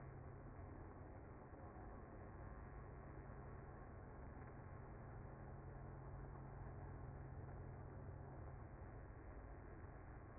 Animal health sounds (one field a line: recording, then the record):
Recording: honeybee colony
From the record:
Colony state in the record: active